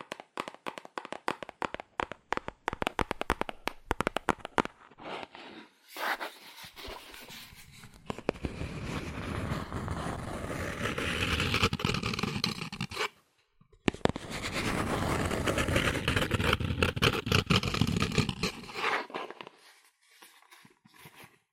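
Fast, aggressive tapping on cardboard, starting as rapid sharp hits for the first six seconds. It then turns into a dense, continuous scratching rub from about 7 to 13 seconds, breaks off briefly, and resumes until about 19 seconds before a few final taps.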